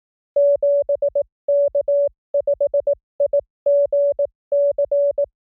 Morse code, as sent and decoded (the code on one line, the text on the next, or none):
--... -.- ..... .. --. -.-.
7K5IGC